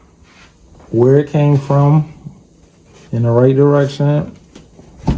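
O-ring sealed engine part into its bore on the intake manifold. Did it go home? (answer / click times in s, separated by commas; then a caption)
yes / 4.6 s, 5.1 s. During an intake manifold repair on a Mercury Grand Marquis 4.6L engine, a part fitted with new O-rings is pushed back into its original bore on the intake manifold while someone talks. Two short pops at 4.6 s and 5.1 s, the second louder, mark it seating into place.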